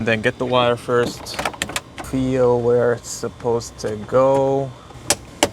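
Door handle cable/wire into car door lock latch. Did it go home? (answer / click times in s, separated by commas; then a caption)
yes / 5.1 s, 5.4 s. While installing the door lock in a BMW E90 car door, someone talks while feeling for where the door handle cable goes and pushes it onto the lock latch. Two sharp clicks are heard at 5.1 s and 5.4 s as the cable seats in place.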